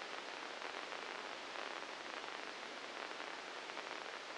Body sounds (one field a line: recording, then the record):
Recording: brain microelectrode recording played as sound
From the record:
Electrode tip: inside the subthalamic nucleus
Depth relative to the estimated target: 0 mm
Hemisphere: left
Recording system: NeuroSet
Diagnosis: Parkinson's disease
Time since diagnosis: 13 years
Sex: male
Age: 63 years